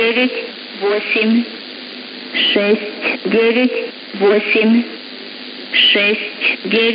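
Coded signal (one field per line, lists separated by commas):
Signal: numbers station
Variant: S06s, Russian female voice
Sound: a woman's voice reading short words in groups with pauses, over radio hiss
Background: radio static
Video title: 20 01 2022 Number station S06s Russian Lady in Russian to Eu 0940 on 9540 unknown tx site in CUSB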